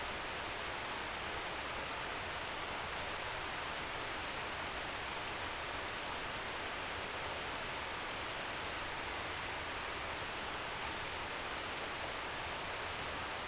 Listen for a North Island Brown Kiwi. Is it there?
no